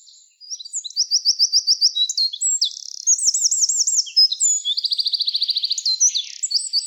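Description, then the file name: Eurasian wren song, a loud, fast, high-pitched stream of rattling trills and sharp twittering notes. The trill speeds change from phrase to phrase, with no pause in the song. "Troglodytes troglodytes"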